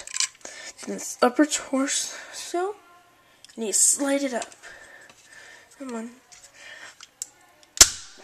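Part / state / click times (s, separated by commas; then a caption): sliding plastic part of a transforming toy robot, locking onto the body / seated / 7.8 s. A sliding plastic part of a transforming toy robot is slid up and pushed hard against the body while someone talks and strains, with small plastic clicks and rattles along the way. It takes some force before the part snaps into place with a sharp click at 7.8 s, locking onto the body.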